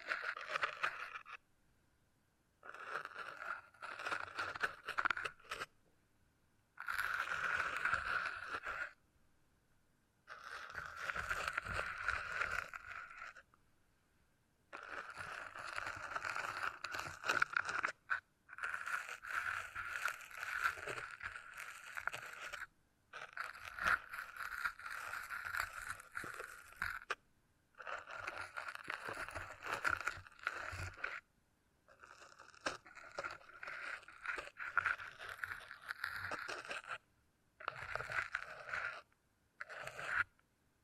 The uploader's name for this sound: Brain Tingly Sounds Using Beeswax